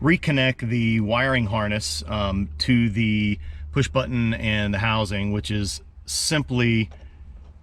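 A man talks while the plastic wiring harness connector is handled at the passenger-side door release push button housing of a C6 Corvette. The connector is being readied to go into the push button, but nothing has seated or clicked yet.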